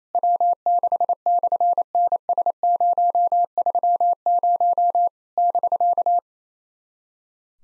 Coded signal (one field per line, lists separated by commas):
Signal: Morse code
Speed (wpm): 28 wpm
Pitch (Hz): 700 Hz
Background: none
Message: W6/NS030 <BK>